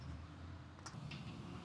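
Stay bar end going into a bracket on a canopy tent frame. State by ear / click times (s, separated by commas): not seated / none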